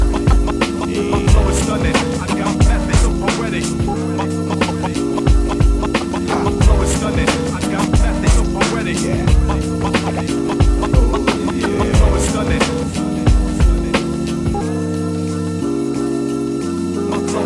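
Music with a steady beat runs throughout, built on deep bass notes that step between pitches every second or so. Regular drum hits and bright, crisp ticks sit on top. The loudness stays even, with the low end briefly thinning around 4 and 15 seconds.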